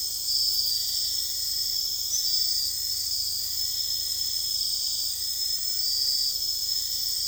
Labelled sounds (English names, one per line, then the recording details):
none
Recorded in dense forest near Puerto Asís, Putumayo, Colombia, on 18 February 2024 at 02:00
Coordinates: 0.485, -76.322
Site G6406